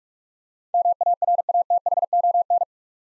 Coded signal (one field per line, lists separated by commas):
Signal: Morse code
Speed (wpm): 42 wpm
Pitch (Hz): 700 Hz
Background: none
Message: MARATHON